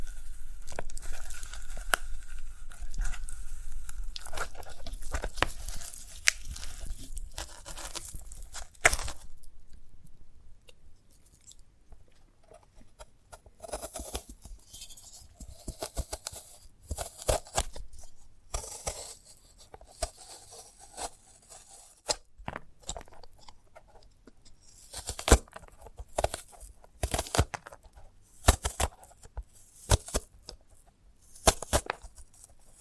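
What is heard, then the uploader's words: Handling a sprouted coconut: dense scratching and tearing of fibrous husk fills the first nine seconds, fairly continuous. After a quieter gap, sparse crisp snaps, taps and crinkles follow at irregular moments, clustering again around 25 to 32 seconds. ASMR of a Sprouted Coconut (No Talking).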